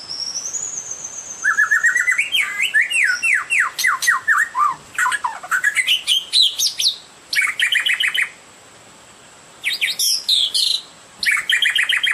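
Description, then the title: Oriental magpie-robin singing a varied, rich song of rapid slurred whistles, rising sweeps and chattering bursts, broken by short pauses. "Kicau Kacer"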